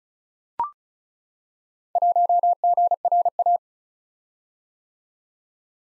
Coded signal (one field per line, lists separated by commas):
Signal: Morse code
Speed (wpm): 36 wpm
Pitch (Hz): 700 Hz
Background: none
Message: 1GRA